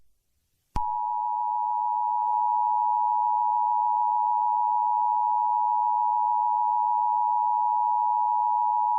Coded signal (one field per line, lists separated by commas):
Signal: Emergency Alert System (SAME) tones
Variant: 853 and 960 Hz attention tone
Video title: [Part 1/2] EAS Scenario/Mock #11 - Witherstorm Attacks (4th of July Special)